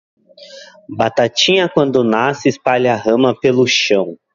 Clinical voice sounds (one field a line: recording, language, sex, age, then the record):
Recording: short text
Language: Brazilian Portuguese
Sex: male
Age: 30 to 39 years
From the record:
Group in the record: control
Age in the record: 34 years